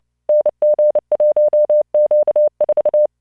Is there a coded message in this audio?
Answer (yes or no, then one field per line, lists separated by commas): yes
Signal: Morse code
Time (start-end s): 0.3-3.1 s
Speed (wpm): 29 wpm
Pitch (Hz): 600 Hz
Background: none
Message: NG1Q4